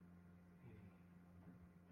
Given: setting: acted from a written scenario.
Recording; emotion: vocal sound without words; contentment